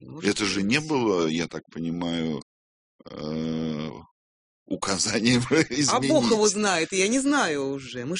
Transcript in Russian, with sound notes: Это же не было, я так понимаю, указанием изменить. (смеется)
А Бог его знает! Я не знаю уже.